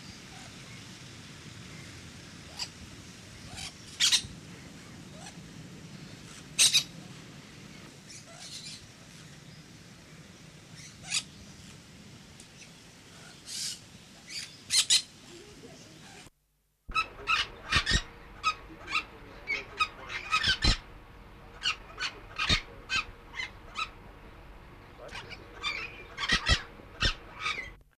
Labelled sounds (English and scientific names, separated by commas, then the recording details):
Brown-throated Parakeet (Aratinga pertinax) call
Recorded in captivity
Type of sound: call
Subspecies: ocularis
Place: Vogelpark Walsrode, Niedersachsen, DE
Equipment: Halbspur, 9,5 cm/s
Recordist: Lütgens, Hans
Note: Rufe